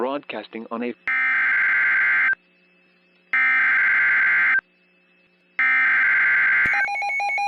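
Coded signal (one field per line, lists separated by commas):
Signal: Emergency Alert System (SAME) tones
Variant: header bursts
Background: speech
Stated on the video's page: Fictional EAS scenario.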